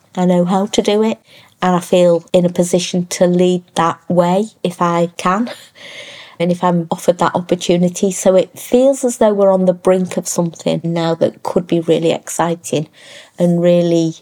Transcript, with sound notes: I know how to do it, and I feel in a position to lead that way. If I can. [exhales] And if I'm offered that opportunity. So it feels as though we're on the brink of something now that could be really exciting and really,